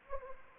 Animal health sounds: mosquito wingbeat signal from an infrared sensor; Anopheles arabiensis

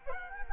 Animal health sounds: mosquito wingbeat signal from an infrared sensor; Culex quinquefasciatus

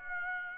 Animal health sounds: mosquito wingbeat signal from an infrared sensor; Aedes aegypti

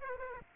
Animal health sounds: mosquito wingbeat signal from an infrared sensor; Aedes aegypti

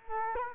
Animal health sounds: mosquito wingbeat signal from an infrared sensor; Culex quinquefasciatus

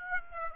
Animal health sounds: mosquito wingbeat signal from an infrared sensor; Aedes aegypti

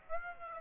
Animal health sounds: mosquito wingbeat signal from an infrared sensor; Aedes aegypti

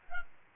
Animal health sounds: mosquito wingbeat signal from an infrared sensor; Aedes albopictus

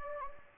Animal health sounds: mosquito wingbeat signal from an infrared sensor; Anopheles gambiae

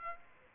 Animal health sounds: mosquito wingbeat signal from an infrared sensor; Aedes aegypti

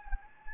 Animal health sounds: mosquito wingbeat signal from an infrared sensor; Anopheles gambiae

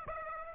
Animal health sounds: mosquito wingbeat signal from an infrared sensor; Aedes aegypti

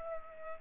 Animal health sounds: mosquito wingbeat signal from an infrared sensor; Culex pipiens

